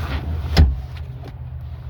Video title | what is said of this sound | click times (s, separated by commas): How to Fold Down the Seats in a Nissan Altima (2013–2018) | That little click locks it in, and then you can just fold this back up. | 0.6 s